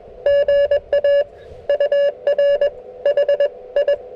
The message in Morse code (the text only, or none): GA UR HI